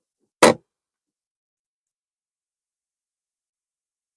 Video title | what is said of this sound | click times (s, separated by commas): Wildax Constelation 3 XL handover video | When you put the toilet cassette back in the van, it should locate with a fairly audible click. | 0.4 s